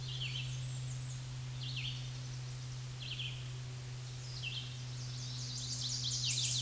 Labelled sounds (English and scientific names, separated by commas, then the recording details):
Red-eyed Vireo (Vireo olivaceus) song
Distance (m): 30 m
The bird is about 10 m above the microphone
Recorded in a Pennsylvania forest on 16 May 2024 at 07:56
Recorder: AudioMoth, point MSD-2376
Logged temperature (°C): 16.7 °C
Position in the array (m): 149 m, 27 m